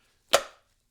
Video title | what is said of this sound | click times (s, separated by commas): Shelby GT350R First Oil Change - Driven Racing Oil | there's a little recess in there pops right in | 0.3 s